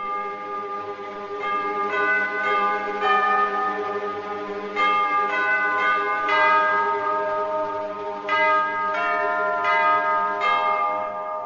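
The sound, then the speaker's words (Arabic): A bell tolls repeatedly at a slow, steady pace in the opening of the radio program Fakkaruni, each strike ringing out with rich, sustained overtones that overlap the next. No voices are heard. “فكروني فالذكرى ناقوس يدق في عالم النسيان.”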